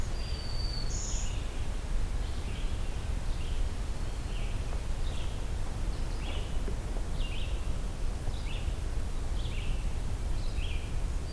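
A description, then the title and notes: A songbird calls repeatedly, giving short chirps in a fairly regular series about once a second across the whole stretch. Near the start a thin, steady whistle and a higher bright note stand out. A constant low rumbling hiss fills the background throughout. I’m concluding my morning hike, and continuing to listen for more vocalizing songbird species. The day may have started out quiet, but the vireos and various warblers are about to get very songful.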